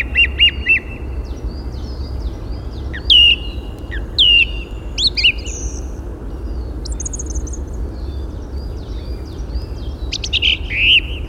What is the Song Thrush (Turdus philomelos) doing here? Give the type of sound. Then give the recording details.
song. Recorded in the wild. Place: Parchtitz, Insel Rügen, Mecklenburg-Vorpommern, DE. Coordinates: 54.438, 13.4. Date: 1977-03-11 08:45. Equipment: Nagra III BH, Sennheiser MD 21, parabola. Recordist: Schubert, Michael